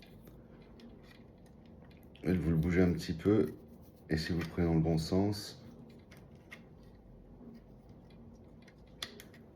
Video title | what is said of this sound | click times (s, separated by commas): ALTAYA OPTIMUS PRIME montage 40,41,42,43 | ça s'emboîte juste dedans. | 9.0 s